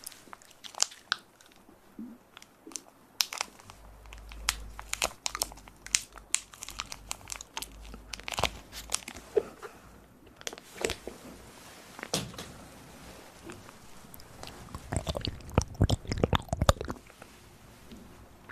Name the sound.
Ear Breathy Triggers